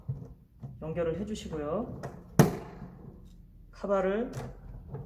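A plastic cover plate is being handled over a one-gang wall light switch that has just been wired, while someone talks. A sharp knock is heard at about 2.4 s amid the speech, but the clip ends before the plate goes on, so nothing has seated or clicked yet.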